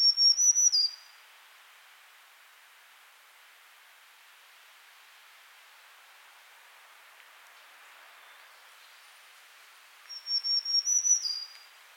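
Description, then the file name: Black-throated green warbler singing twice, about ten seconds apart, each song a short string of high buzzy notes; the long gap between them is quiet, with only soft background hiss. "Setophaga virens - Black-throated Green Warbler"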